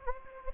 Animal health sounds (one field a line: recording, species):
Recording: mosquito wingbeat signal from an infrared sensor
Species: Anopheles gambiae